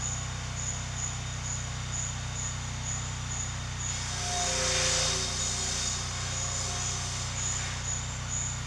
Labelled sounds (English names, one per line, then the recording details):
none
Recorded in secondary vegetation near Puerto Asís, Putumayo, Colombia, on 22 June 2025 at 12:30
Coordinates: 0.485, -76.322
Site GP06